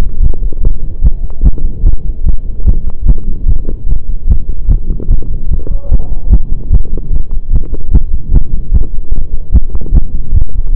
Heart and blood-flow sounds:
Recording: heart sounds by stethoscope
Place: between the tricuspid and mitral areas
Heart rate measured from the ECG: 148 bpm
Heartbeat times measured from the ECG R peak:
0.21 s: heartbeat
0.62 s: heartbeat
1.03 s: heartbeat
1.43 s: heartbeat
1.84 s: heartbeat
2.25 s: heartbeat
2.66 s: heartbeat
3.06 s: heartbeat
3.47 s: heartbeat
3.87 s: heartbeat
4.28 s: heartbeat
4.69 s: heartbeat
5.09 s: heartbeat
5.49 s: heartbeat
5.90 s: heartbeat
6.31 s: heartbeat
6.71 s: heartbeat
7.11 s: heartbeat
7.52 s: heartbeat
7.92 s: heartbeat
8.32 s: heartbeat
8.72 s: heartbeat
9.13 s: heartbeat
9.53 s: heartbeat
9.93 s: heartbeat
10.33 s: heartbeat
10.73 s: heartbeat
From the record:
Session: pedaling a stationary bicycle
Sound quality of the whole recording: saturated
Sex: male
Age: 25 years

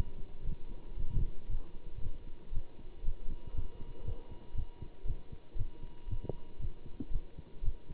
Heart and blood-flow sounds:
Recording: heart sounds by stethoscope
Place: between the tricuspid and mitral areas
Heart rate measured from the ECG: 117 bpm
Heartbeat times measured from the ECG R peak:
0.43 s: heartbeat
0.96 s: heartbeat
1.48 s: heartbeat
2.00 s: heartbeat
2.51 s: heartbeat
3.03 s: heartbeat
3.53 s: heartbeat
4.03 s: heartbeat
4.54 s: heartbeat
5.04 s: heartbeat
5.55 s: heartbeat
6.06 s: heartbeat
6.58 s: heartbeat
7.10 s: heartbeat
7.62 s: heartbeat
From the record:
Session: Bruce protocol treadmill stress test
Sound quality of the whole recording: good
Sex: male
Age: 25 years

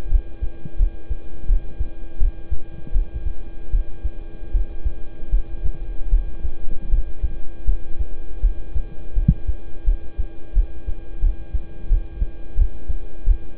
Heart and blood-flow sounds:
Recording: heart sounds by stethoscope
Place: between the tricuspid and mitral areas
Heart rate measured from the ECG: 82 bpm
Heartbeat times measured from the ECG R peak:
0.08 s: heartbeat
0.77 s: heartbeat
1.46 s: heartbeat
2.18 s: heartbeat
2.92 s: heartbeat
3.70 s: heartbeat
4.51 s: heartbeat
5.30 s: heartbeat
6.09 s: heartbeat
6.89 s: heartbeat
7.65 s: heartbeat
8.40 s: heartbeat
9.13 s: heartbeat
9.84 s: heartbeat
10.53 s: heartbeat
11.20 s: heartbeat
11.87 s: heartbeat
12.55 s: heartbeat
13.24 s: heartbeat
From the record:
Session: rest, lying down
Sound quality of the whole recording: good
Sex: male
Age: 26 years

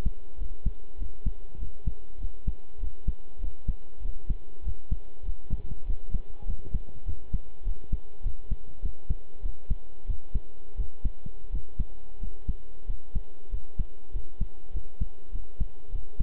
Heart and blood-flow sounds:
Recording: heart sounds by stethoscope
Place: between the tricuspid and mitral areas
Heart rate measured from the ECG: 97 bpm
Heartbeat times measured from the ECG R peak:
0.37 s: heartbeat
0.97 s: heartbeat
1.58 s: heartbeat
2.18 s: heartbeat
2.78 s: heartbeat
3.39 s: heartbeat
4.00 s: heartbeat
4.62 s: heartbeat
5.23 s: heartbeat
5.85 s: heartbeat
6.45 s: heartbeat
7.05 s: heartbeat
7.63 s: heartbeat
8.22 s: heartbeat
8.80 s: heartbeat
9.41 s: heartbeat
10.05 s: heartbeat
10.75 s: heartbeat
11.50 s: heartbeat
12.19 s: heartbeat
12.85 s: heartbeat
13.49 s: heartbeat
14.11 s: heartbeat
14.71 s: heartbeat
15.31 s: heartbeat
15.90 s: heartbeat
From the record:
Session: pedaling a stationary bicycle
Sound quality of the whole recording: good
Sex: male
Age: 23 years

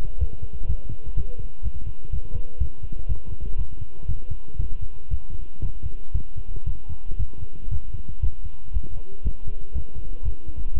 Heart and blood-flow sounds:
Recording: heart sounds by stethoscope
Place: between the tricuspid and mitral areas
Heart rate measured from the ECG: 119 bpm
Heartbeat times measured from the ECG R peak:
0.20 s: heartbeat
0.68 s: heartbeat
1.16 s: heartbeat
1.64 s: heartbeat
2.12 s: heartbeat
2.60 s: heartbeat
3.08 s: heartbeat
3.58 s: heartbeat
4.08 s: heartbeat
4.58 s: heartbeat
5.10 s: heartbeat
5.62 s: heartbeat
6.14 s: heartbeat
6.66 s: heartbeat
7.18 s: heartbeat
7.70 s: heartbeat
8.22 s: heartbeat
8.73 s: heartbeat
9.24 s: heartbeat
9.74 s: heartbeat
10.24 s: heartbeat
10.74 s: heartbeat
From the record:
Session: walking at 3.7 km/h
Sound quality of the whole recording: good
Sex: male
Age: 25 years

